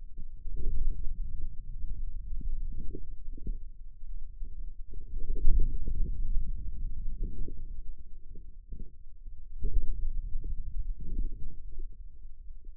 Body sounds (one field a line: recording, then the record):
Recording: forearm muscle sounds (acoustic myography)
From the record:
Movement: finger pinch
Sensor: system 2, bracelet of six BSWA MPA416 microphones around the upper forearm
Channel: 6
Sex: male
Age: 22 years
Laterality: right